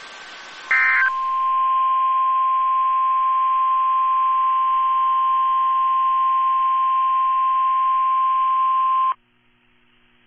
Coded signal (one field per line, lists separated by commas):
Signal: Emergency Alert System (SAME) tones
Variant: 1050 Hz attention tone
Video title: NWR Weeklies (EAS #744-#755)